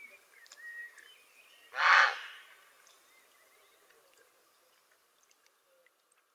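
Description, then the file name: Grey heron producing a single rough, grating croak, preceded by faint whistled notes. "Czapla Siwa"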